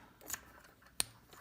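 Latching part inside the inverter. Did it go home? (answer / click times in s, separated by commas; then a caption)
yes / 1.0 s. A latching part inside a Fronius Sumo 5.0-3-M on-grid inverter, under its cover, snaps into place with a sharp click at 1.0 s, after faint rustling and a softer tick around 0.3 s. The latch is confirmed seated.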